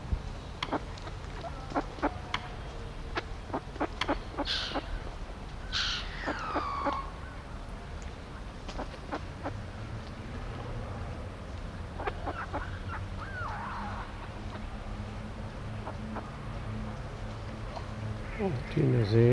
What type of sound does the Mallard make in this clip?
call